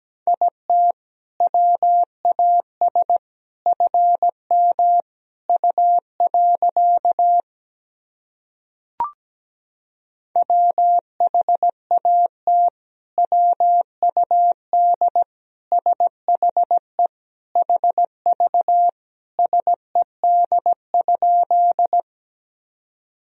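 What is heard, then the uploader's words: A Morse code message beeps out as a single steady tone around the middle pitch, broken into quick dots and longer dashes grouped with short gaps. Near nine seconds the keying pauses for about three seconds, marked only by a brief click, then resumes until about 22 seconds. These sentences are composed of the Top 100 words and Morse code abbreviations. First, the words and abbreviations are sent in Morse code. 17wpm.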